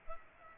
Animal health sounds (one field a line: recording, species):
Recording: mosquito wingbeat signal from an infrared sensor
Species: Culex pipiens